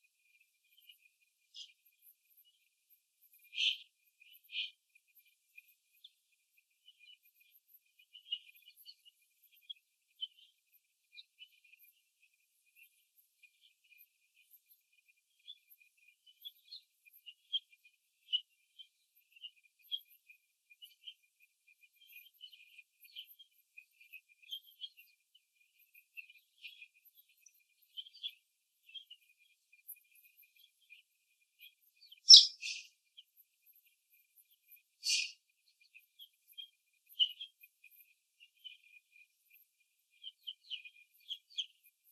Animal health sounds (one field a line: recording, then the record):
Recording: young laying hens in a cage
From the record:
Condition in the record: after the stressor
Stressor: simulated dog barking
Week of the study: 2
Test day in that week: 3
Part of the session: 1